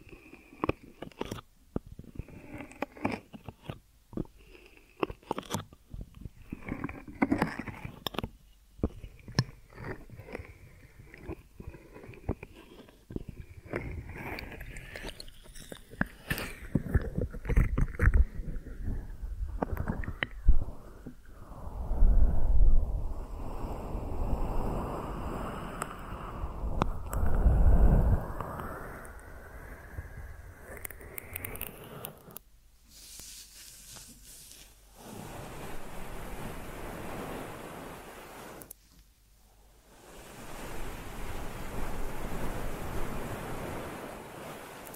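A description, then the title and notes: Ear massage sounds: fast, uneven rubbing and crackling strokes that swell into louder, denser whooshing sweeps midway, with short pauses near the end. ASMR Deep Ear Massage for Sleep(No Talking).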